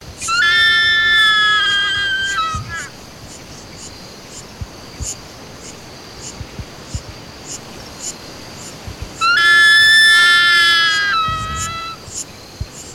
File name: Canto-do-Águia-Cinzenta